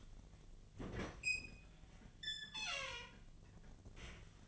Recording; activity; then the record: daily activity, microphone in the room; open fridge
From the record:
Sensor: 4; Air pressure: 1010.6 hPa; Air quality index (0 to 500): 176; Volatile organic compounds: 5 ppm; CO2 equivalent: 1787 ppm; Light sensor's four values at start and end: 34/99/39/39 and 28/85/33/34